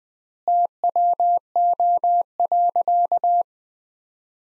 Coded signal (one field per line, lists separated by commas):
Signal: Morse code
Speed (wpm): 20 wpm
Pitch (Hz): 700 Hz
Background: none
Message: TWO.